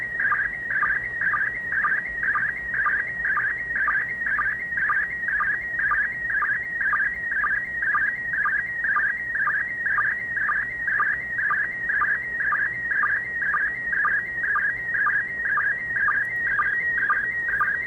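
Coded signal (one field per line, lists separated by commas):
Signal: SSTV (slow-scan television)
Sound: warbling tone between mid and high pitch, interrupted by short low chirps about twice a second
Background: low hum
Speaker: some of you all could use the audio the last bit of audio there to fine tune and practice receiving signals using your software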